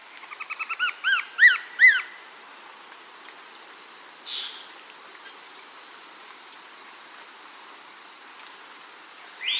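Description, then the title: Greyish mourner singing a short accelerating run of clear arched whistles growing louder, then a few quieter sounds, with a constant shrill insect hum behind. Nominate subspecies Rhytipterna simplex simplex. "LuckyPassaro Completos2Sama. Greyish Mourner (Rhytipterna simplex simplex)"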